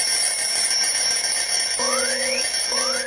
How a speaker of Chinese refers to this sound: 关上了闹钟，我伸一个懒腰，我要对全世界说一声早上好。